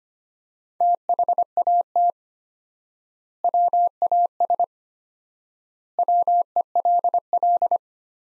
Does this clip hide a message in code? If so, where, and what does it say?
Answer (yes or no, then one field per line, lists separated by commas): yes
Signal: Morse code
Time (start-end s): 0.8-7.8 s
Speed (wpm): 25 wpm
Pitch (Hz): 700 Hz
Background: none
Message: THAT WAS WELL